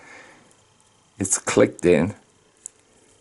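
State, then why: Released. Someone talks while a microSD card seated in the card slot of a Reolink RLC 410W security camera is pressed in to eject it. A short, sharp click sounds at 2.7 s as the spring latch releases the card for removal.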